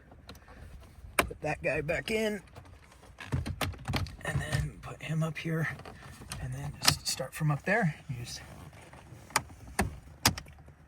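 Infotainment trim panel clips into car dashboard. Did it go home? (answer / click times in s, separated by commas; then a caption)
yes / 9.4 s, 9.8 s, 10.3 s. Someone talks while the infotainment trim panel of a 2023 Subaru Outback is pushed back into the dashboard, starting from the top, with light handling taps along the way. The plastic retaining clips snap home one after another with sharp clicks at 9.4, 9.8 and 10.3 seconds, and the panel is seated.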